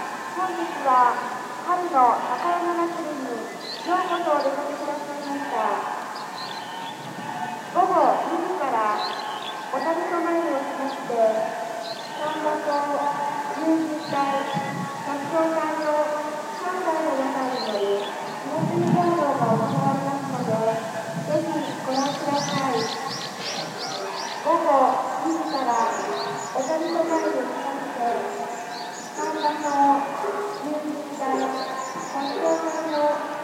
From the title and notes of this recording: Takayama Festive Madness. Recorded (from a distance) at the Takayama spring Festival.